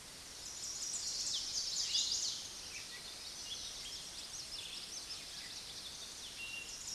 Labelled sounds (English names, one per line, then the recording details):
Chestnut-sided Warbler song
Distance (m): 25 m
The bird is about level with the microphone
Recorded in a Pennsylvania forest on 16 May 2024 at 06:14
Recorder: AudioMoth, point MSD-1360
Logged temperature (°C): 14.8 °C
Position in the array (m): 170 m, 177 m